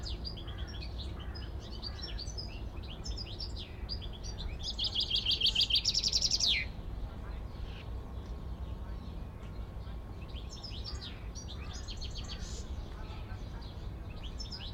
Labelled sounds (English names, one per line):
Common Chaffinch